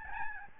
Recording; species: mosquito wingbeat signal from an infrared sensor; Aedes albopictus